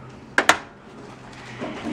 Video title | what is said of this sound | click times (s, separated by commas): Building a Desktop PC Tower for Under $300 - Part 4 - Installing the Motherboard, DVD & Hard Drives | and you'll see that when you push on all four corners it'll snap into place just like that | 0.4 s, 0.5 s